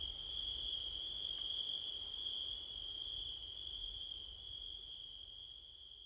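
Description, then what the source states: Steady high cricket trilling with a fast pulsed upper layer, the whole chorus fading slightly toward the end, faint low wind beneath. Crickets at night in September, with wind; recorded with a Blumlein stereo microphone pair.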